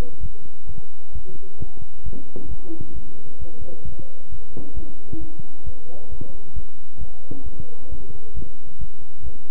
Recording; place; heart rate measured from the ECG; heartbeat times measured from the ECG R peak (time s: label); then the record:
heart sounds by stethoscope; between the tricuspid and mitral areas; 133 bpm
0.21 s: heartbeat
0.67 s: heartbeat
1.13 s: heartbeat
1.59 s: heartbeat
2.04 s: heartbeat
2.49 s: heartbeat
2.94 s: heartbeat
3.39 s: heartbeat
3.85 s: heartbeat
4.30 s: heartbeat
4.74 s: heartbeat
5.19 s: heartbeat
5.64 s: heartbeat
6.10 s: heartbeat
6.54 s: heartbeat
6.99 s: heartbeat
7.44 s: heartbeat
7.90 s: heartbeat
8.34 s: heartbeat
8.79 s: heartbeat
9.24 s: heartbeat
From the record:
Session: bicycle stress test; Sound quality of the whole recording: good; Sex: male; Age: 23 years